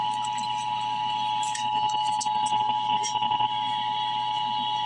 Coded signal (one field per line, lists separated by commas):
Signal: Emergency Alert System (SAME) tones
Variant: 853 and 960 Hz attention tone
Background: speech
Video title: Emergency Alert System - Extreme Cold Warning/Cold Weather Advisory - Jan 27, 2026 at 12:19 AM EST